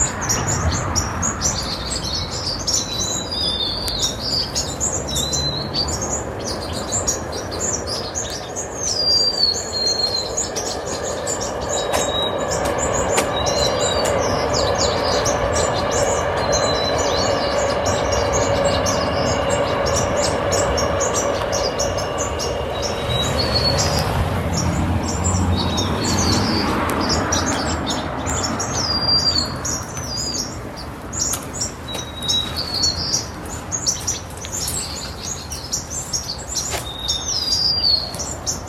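White-crowned and Golden-crowned Sparrows chirp and sing at a winter roost, a dense, continuous chatter of high, quick calls throughout. Underneath runs a steady low rumble, and a passing drone swells in the middle, strongest around 24 to 30 seconds.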